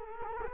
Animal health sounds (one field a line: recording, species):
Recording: mosquito wingbeat signal from an infrared sensor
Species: Culex quinquefasciatus